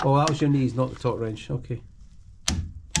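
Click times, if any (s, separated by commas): 2.5 s, 3.0 s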